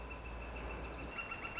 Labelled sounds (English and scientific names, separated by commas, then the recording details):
Northern Flicker (Colaptes auratus)
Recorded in Sonoma County, California